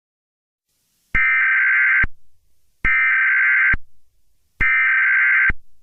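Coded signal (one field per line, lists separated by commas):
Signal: Emergency Alert System (SAME) tones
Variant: header bursts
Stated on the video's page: Fictional EAS scenario.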